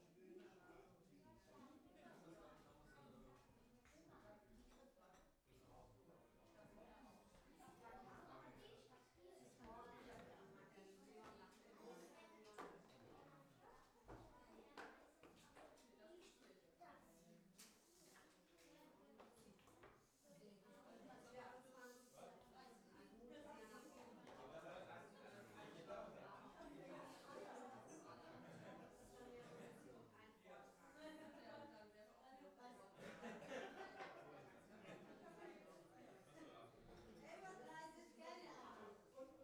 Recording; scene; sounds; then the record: everyday scene through a hearing-aid microphone; many people talking; many voices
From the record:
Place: parish hall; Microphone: behind the ear, right, front